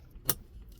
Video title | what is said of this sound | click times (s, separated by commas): How to Install an OEM Plug and Play Dashcam in Minutes | The same one, you put it back here till it snaps. | 0.3 s